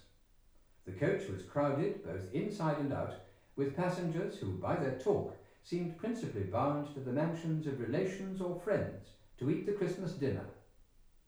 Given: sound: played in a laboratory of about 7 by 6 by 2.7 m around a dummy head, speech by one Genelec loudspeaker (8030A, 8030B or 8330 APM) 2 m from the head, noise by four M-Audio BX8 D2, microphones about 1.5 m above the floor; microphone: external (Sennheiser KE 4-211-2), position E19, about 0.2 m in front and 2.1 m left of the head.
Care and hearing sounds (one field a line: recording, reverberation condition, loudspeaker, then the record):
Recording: male speech in English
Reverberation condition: medium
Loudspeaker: 150 degrees to the left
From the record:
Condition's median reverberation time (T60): about 510 ms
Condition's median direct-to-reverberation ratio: about -0.5 dB